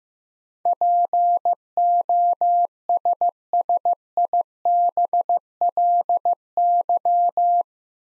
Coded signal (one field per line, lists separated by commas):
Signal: Morse code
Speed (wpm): 15 wpm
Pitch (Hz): 700 Hz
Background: none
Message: POSSIBLY